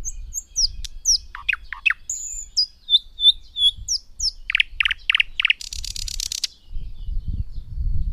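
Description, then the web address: Thrush nightingale song: loud varied phrases of high whistles and sharp clicks, then a few loud repeated notes and a dry rattling burst, with low rumble beneath. "agykontroll Madardalok Cd 2. Nagy fülemüle"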